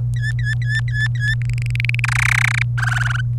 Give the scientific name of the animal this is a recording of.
Serinus canaria